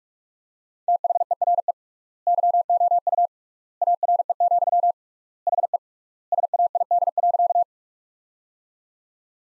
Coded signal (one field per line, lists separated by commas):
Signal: Morse code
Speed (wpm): 46 wpm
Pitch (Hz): 700 Hz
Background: none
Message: THERE YOU ARE, HE SAID.